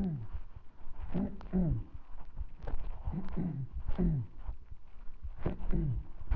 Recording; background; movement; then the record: throat clearing; quiet; walking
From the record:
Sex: male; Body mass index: 20.5 kg/m2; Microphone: on the chest, facing the body